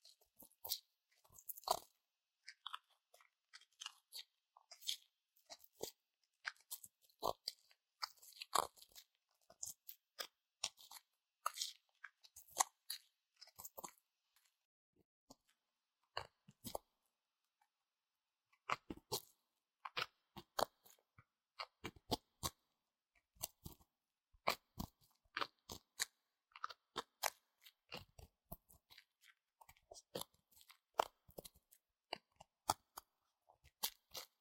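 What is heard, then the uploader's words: Ear cleaning: dense, irregular crackling and crunchy scratches in quick bursts, bright and sharp, with a brief quiet pause near sixteen seconds. 台灣ASMR | 掏穿你的耳朵 | 耳掃除 | Ear Cleaning | NO Talking.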